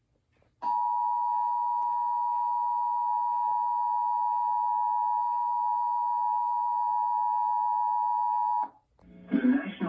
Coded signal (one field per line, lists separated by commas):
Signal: Emergency Alert System (SAME) tones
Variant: 853 and 960 Hz attention tone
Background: speech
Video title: EAS Severe thunderstorm warning on my old CRT TV VCR combo